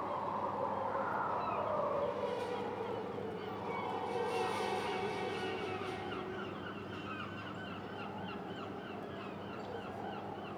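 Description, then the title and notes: Gull giving long, falling wails early on, then quieter cries, over strong wind and continuous quick metallic clicking. Gulls at a harbour quay in Boulogne-sur-Mer, France, with wind, a metal structure and the rattling of pleasure boats. "Quai Thurot, Boulogne-sur-Mer, France - Mouettes."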